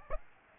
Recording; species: mosquito wingbeat signal from an infrared sensor; Aedes aegypti